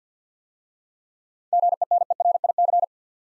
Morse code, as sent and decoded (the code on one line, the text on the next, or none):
--. . -. . .-. .. -.-.
GENERIC